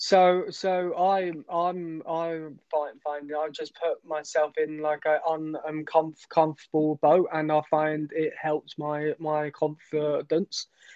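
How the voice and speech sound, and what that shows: An adult who has stammered for about 23 years, since age eight, and has had speech therapy, speaks in short bursts with repeated words and part-words ('so so', 'I I'm I', 'find find', 'un, uncomfortable', 'my my'), along with drawn-out sounds and frequent hesitant pauses. These are typical stuttering disfluencies.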